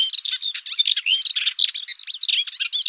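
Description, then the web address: Melodious warbler song: a fast, unbroken chatter of varied high twittering and scratchy notes, tumbling on without pause. "Hippolais polyglotta"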